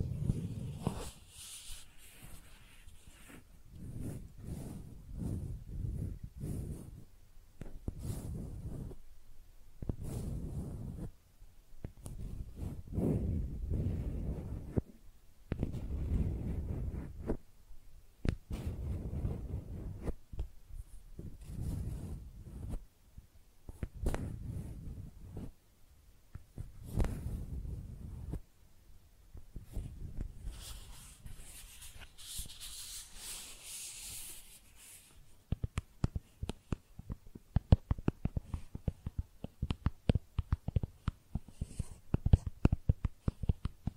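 Makeup being tapped and scratched in short bursts of low rubbing, then quicker, sharper taps and clicks after about 35 seconds.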